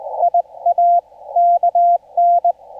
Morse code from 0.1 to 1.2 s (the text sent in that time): IA